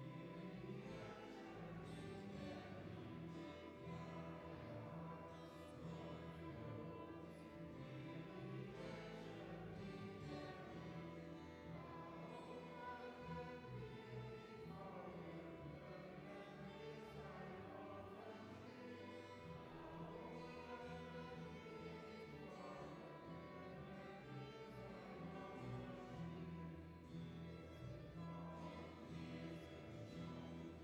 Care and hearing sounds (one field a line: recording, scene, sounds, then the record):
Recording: everyday scene through a hearing-aid microphone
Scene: reverberant space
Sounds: music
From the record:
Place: church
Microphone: behind the ear, left, front